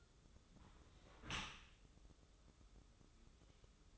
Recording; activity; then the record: daily activity, microphone in the room; close dishwasher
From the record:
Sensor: 3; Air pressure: 995.8 hPa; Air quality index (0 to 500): 96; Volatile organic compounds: 13 ppm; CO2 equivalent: 2417 ppm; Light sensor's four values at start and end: 29/88/37/32 and 29/88/37/32